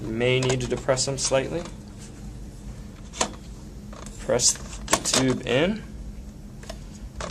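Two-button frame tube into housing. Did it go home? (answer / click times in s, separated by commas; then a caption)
partly / 7.2 s. Someone talks while pressing a two-button frame tube for a Graco Lovin' Hug Infant Swing into its housing, with the buttons lined up to the rectangular cutouts and depressed slightly. The first button clicks at 7.2 s, but the second has not clicked yet because the frame still has to be opened, so the tube is only partly seated.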